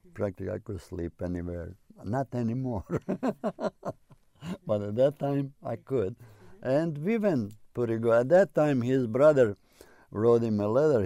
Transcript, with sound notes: Practically I could sleep anywhere. Not anymore. (laughs) But at that time, I could. And we went pretty good. At that time, his brother wrote him a letter.